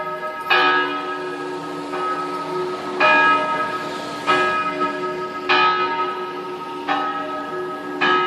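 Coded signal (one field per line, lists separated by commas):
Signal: bell signal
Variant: distesa swinging peal, one bell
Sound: a single swinging church bell striking steadily, about seven strokes, long ringing hum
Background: outdoor ambience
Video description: distesa della mezzana per l'Angelus feriale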